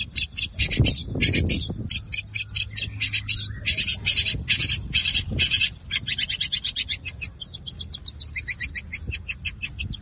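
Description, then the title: Long-tailed shrike song in quick bursts of high, harsh notes with brief breaks, then an even pulsing series of notes toward the end. Combination song style. "Cendet Kombinasi"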